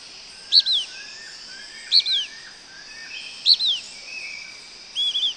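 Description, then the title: Blackish pewee giving short, high, downslurred two-part calls three times, then a burrier wavering note, with a constant high insect hum behind. Nominate subspecies Contopus nigrescens nigrescens. "LuckyPassaro Completos2Sama. Blackish Pewee"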